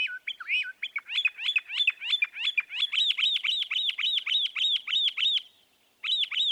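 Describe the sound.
Northern mockingbird song: a quick whistled intro, then a long run of fast repeated arched chirps, about three per second, pausing briefly before resuming.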